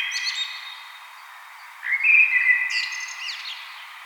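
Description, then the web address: Common blackbird song: the tail of one phrase, a short pause, then a mellow whistled phrase rising into high, thin twittering. "vogelstimmen amsel gesang nabu lars lachmann"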